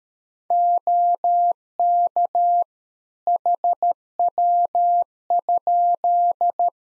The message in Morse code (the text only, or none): OK HW?